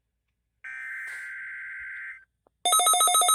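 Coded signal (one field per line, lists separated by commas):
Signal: Emergency Alert System (SAME) tones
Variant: header bursts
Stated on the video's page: NOAA Weather Radio required weekly test that failed.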